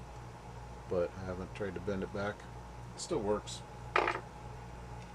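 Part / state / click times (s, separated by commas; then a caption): splicing fid into its holder clip / seated / 4.0 s. Someone talks, then a father's old rope-splicing fid, bent a little from once being used as a screwdriver but still working, is snapped into its holder clip. A sharp metallic snap at 4.0 s is followed by a smaller hit at 4.1 s as the fid seats.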